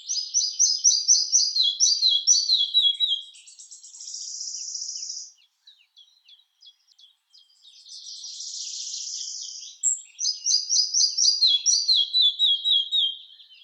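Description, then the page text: Red-breasted flycatcher song opening with fast repeated high notes that step downward, then a soft buzzy rattle, a pause, another rattle and a fresh descending series. "Ficedula parva - Мухоловка малая"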